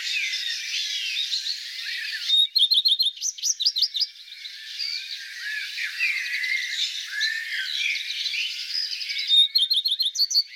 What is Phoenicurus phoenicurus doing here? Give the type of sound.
song